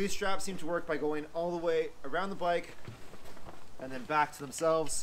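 A plastic side-release buckle on the strap of a Black Widow Trailerable Motorcycle Cover is handled while someone talks, the strap routed all the way around the bike and back to itself. The buckle has not yet snapped shut, and nothing has seated or clicked by the end of the clip.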